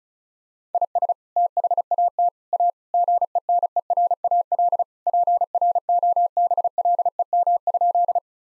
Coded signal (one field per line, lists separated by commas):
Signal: Morse code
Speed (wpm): 36 wpm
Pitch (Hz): 700 Hz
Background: none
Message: IS THAT A GENERAL PROBLEM?